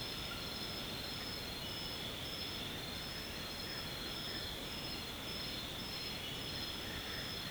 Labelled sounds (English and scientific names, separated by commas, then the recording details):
none
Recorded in secondary vegetation near Puerto Asís, Putumayo, Colombia, on 18 February 2024 at 00:30
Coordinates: 0.472, -76.331
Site G6371